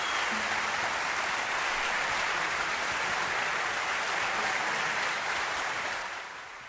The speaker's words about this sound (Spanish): Mientras la gente aplaude